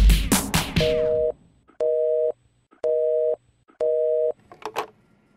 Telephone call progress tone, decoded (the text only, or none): busy tone